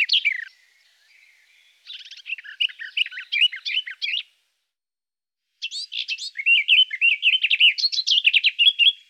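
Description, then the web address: Garden warbler song: rapid, rich warbling phrases of mixed notes in two main bursts separated by a short pause. "IVN Zangvogels. Tuinfluiter"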